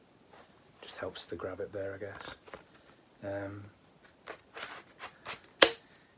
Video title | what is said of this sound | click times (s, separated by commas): Fiskars Machete Sheath Part 4: The Finale | it's snaps in place really nicely and | 5.6 s